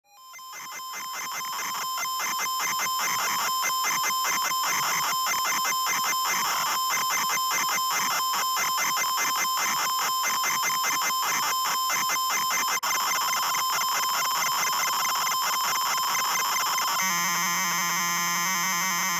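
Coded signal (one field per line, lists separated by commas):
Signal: ZX Spectrum tape loading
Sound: harsh buzzing, rasping data screech throughout, changing tone near the end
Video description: Here is a short ZX Spectrum loader image made to commemorate the man who brought a computer into many children's homes for the first time.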